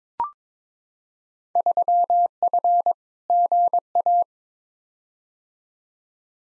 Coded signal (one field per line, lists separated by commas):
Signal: Morse code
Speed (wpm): 22 wpm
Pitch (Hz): 700 Hz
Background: none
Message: 3F GA